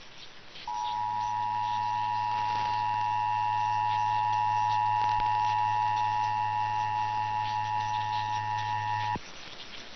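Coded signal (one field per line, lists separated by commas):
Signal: Emergency Alert System (SAME) tones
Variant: 853 and 960 Hz attention tone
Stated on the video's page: Required monthly tests from Kentucky and Pennsylvania.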